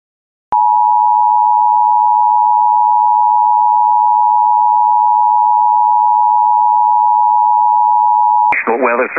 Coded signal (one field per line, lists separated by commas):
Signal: Emergency Alert System (SAME) tones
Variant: 853 and 960 Hz attention tone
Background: speech